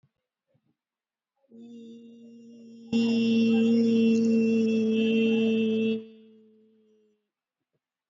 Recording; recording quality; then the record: sustained vowel as in beet; excellent, no background noise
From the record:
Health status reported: COVID-19 positive, moderate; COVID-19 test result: positive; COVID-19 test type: RT-PCR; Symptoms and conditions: cough, cold, fever, loss of smell and taste, diabetes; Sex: female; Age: 54 years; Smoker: no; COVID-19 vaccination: one dose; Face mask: worn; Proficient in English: yes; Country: India